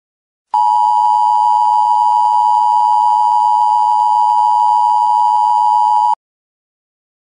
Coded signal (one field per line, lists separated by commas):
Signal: Emergency Alert System (SAME) tones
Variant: 853 and 960 Hz attention tone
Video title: EAS Scenario: The Crimes of the Monarchy (1999) (Part 1)